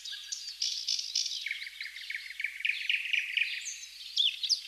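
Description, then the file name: Eurasian blackcap song: a rapid, jumbled warble of high chirps and trills, notes tumbling several per second without pause. "Sylvia atricapilla"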